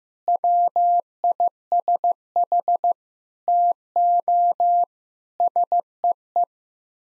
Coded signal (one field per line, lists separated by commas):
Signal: Morse code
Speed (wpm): 16 wpm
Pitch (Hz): 700 Hz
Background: none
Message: WISH TO SEE